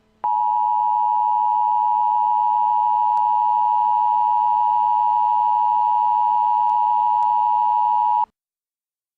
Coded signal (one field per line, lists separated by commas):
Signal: Emergency Alert System (SAME) tones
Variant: 853 and 960 Hz attention tone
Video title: EAS Scenario - Natures Revenge (Part 1)